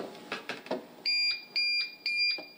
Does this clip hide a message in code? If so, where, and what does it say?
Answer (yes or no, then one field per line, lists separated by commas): no